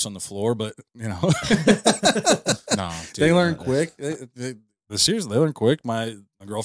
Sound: laughing